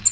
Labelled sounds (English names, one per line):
American Redstart flight call